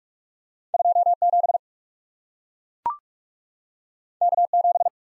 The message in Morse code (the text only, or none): 27 K7